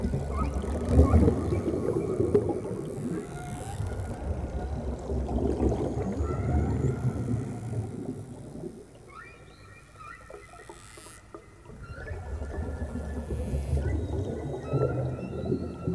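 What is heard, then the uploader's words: Whale and dolphin sounds underwater, with a deep, rumbling wash that swells and fades, dropping away between about 9 and 12 seconds. Thin whistling tones and short rising calls run across the middle and upper range, clearest around 9 to 11 seconds and near the end. Whale and Dolphin Sounds Underwater. Deep underwater whale and dolphin sounds.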